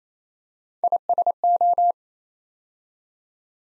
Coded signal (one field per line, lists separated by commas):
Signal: Morse code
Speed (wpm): 28 wpm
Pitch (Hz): 700 Hz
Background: none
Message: ISO